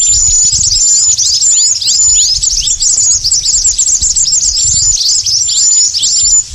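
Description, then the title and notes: Birds calling in a dense chorus of high, rapid chirps and short down-slurred notes, nonstop, with a thin steady whistle running above. Lure calls for attracting stubborn, wary birds that are hard to approach. "Suara Burung Bandel Yang Susah Mendekati. Kompilasi Suara Pikat Burung"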